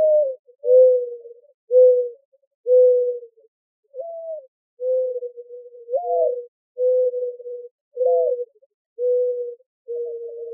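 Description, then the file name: Mourning dove uttering repeated low hollow coos roughly once a second, occasional notes beginning with a brief upward swell. Arizona, 28 April 2004. "AZFO MODO 4 deviche"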